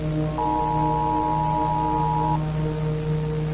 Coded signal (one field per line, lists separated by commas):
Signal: Emergency Alert System (SAME) tones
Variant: 853 and 960 Hz attention tone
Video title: First Patients - Agonia Cerebri Parasite | EAS Scenario | Emergency Alert System | Day 1 / Part 1